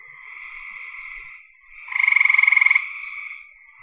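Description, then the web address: A buzzy frog trill leads into one loud, rapidly pulsed rattle of under a second before the trill resumes. "cn frogs"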